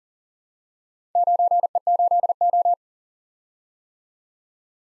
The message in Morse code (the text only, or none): 9E8O